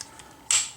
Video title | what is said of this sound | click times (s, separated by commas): Legacy Megazord Review! | hole here pebble here line it up locks | 0.5 s